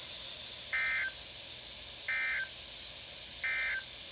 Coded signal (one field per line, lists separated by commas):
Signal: Emergency Alert System (SAME) tones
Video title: 8 Winter storm warnings EAS#429 - 436 From: 1/30/ 21